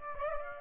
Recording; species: mosquito wingbeat signal from an infrared sensor; Aedes aegypti